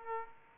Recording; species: mosquito wingbeat signal from an infrared sensor; Aedes aegypti